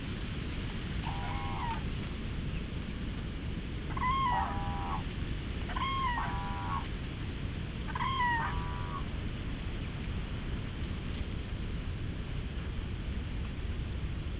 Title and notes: Meadow close to Nagodzice, Poland - Wind in the reeds and cranes. Dodatkowym zaskoczeniem były wokalizjuące w pobliżu żurawie